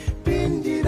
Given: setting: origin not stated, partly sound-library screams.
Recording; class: one-second piece from a danger detection set; normal situation